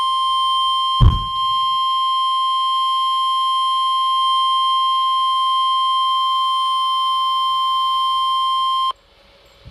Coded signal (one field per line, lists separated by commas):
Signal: Emergency Alert System (SAME) tones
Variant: 1050 Hz attention tone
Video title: Tornado Warning - EAS #386